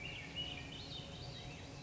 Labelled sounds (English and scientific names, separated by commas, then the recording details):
Swainson's Thrush (Catharus ustulatus)
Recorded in Sonoma County, California